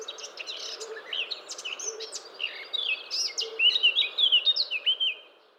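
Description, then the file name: Eurasian blackcap song opening with a quiet scratchy chatter, then swelling into loud, clear fluting whistles near the end before fading out. "Sylvia atricapilla"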